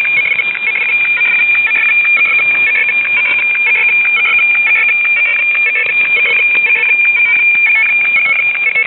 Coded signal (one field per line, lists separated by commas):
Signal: weather fax (radiofax)